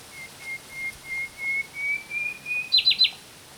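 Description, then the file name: Common nightingale song: several soft, pure whistles, slowly rising in pitch and growing steadily louder, then snapping into three fast, loud chattering notes. "Luscinia megarhynchos"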